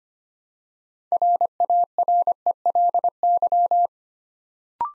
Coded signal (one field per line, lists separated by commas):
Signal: Morse code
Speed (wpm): 25 wpm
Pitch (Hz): 700 Hz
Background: none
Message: RARELY